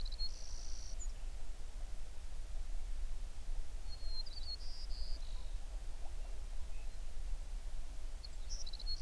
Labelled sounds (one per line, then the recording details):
songbird
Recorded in the Prudhoe Bay oil fields, Alaska, on 11 June 2019 at 05:27
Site 21